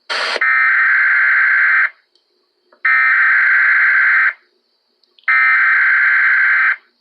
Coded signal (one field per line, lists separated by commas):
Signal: Emergency Alert System (SAME) tones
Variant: header bursts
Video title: EAS